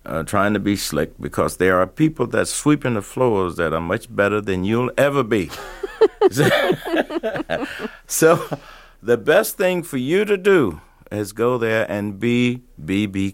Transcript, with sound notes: trying to be slick because there are people that sweeping the floors that are much better than you'll ever be. (LAUGHTER) So the best thing for you to do is go there and be B.B.